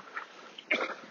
The coughing, spluttering of another dog walker.